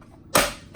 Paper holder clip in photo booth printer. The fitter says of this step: it in has a you know hear it click and